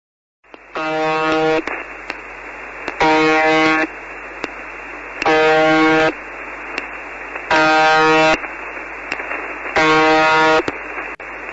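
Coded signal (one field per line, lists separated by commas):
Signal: channel marker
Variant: UVB-76 (The Buzzer)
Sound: harsh low buzz about one second long repeating every couple of seconds; five buzzes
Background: radio static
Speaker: that the signal continues and has never been explained.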